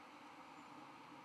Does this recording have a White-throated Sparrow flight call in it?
no